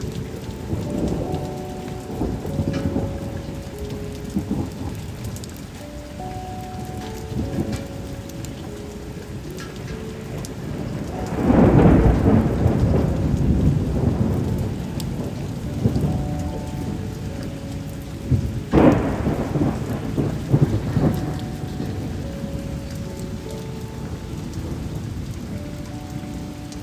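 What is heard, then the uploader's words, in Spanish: Steady rain falls throughout, a dense hiss with heavier low rumbling. Two louder swells of deep rumble rise around twelve and nineteen seconds, like thunder or a passing train. Short tonal notes appear scattered across the clip, possibly birds. Sonido de lluvia real aviéntales, aves y tren.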